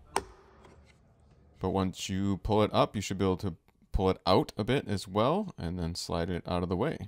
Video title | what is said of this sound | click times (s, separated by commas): Ford Bronco Cabin Air Filter Change - 2022 Ford Bronco | opening so it can be pulled out and like I said it requires a little extra Force you can hear it pop up | 0.2 s